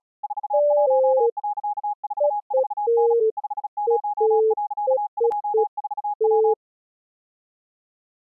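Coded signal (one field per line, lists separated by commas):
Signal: Morse code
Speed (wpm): 36 wpm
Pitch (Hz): 830 Hz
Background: none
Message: 41.44N 50.24W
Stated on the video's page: Song written in Morse as a tribute to the Titanic disaster; a recreation, not a real transmission.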